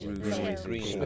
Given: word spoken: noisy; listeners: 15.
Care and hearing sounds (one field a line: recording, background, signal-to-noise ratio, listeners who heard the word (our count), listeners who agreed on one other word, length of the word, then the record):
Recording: one English word in noise, from a listening test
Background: four-talker babble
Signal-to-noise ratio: -2.4 dB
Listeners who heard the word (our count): 0 of 15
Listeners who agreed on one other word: 8 of 15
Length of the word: 0.66 s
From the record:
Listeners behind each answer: 8, 1, 1, 1, 1, 1, 1, 1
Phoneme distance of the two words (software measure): 37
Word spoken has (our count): 2 syllables, 4 phonemes, stress on syllable 1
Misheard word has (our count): 1 syllable, 3 phonemes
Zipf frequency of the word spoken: 4.17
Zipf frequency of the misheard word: 4.72